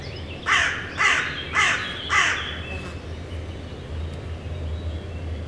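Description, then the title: Carrion crow giving four harsh, evenly spaced caws about half a second apart, then falling quiet over a low steady hum. Carrion crows on the banks of the Rhône at Les Avenières Veyrins-Thuellin, France, recorded with a stereo parabolic microphone (EM172) and a Zoom H4n Pro. "Bord de Rhône - Les Avenières Veyrins-Thuellin, France - Corbacs are back. no ! Corneilles have nails !!!"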